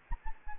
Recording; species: mosquito wingbeat signal from an infrared sensor; Anopheles gambiae